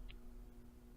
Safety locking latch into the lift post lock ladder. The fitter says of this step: and constantly survey the lifting vehicle listen for the locking latches